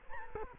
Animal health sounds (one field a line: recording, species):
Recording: mosquito wingbeat signal from an infrared sensor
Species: Culex quinquefasciatus